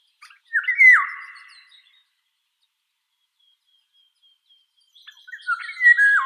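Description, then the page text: Eurasian golden oriole song: two loud fluty whistled phrases, each ending in a sharp downward slur, separated by a few seconds of silence. "Иволга обыкновенная (Oriolus oriolus) - Пение"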